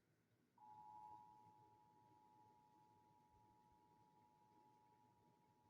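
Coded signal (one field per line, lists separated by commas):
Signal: Emergency Alert System (SAME) tones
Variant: 853 and 960 Hz attention tone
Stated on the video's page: Required Monthly Test relayed by a Shreveport-area station.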